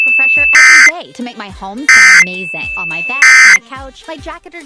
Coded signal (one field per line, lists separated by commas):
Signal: Emergency Alert System (SAME) tones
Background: speech